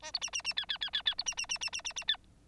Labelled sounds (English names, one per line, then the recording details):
Bengalese Finch song
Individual Bird9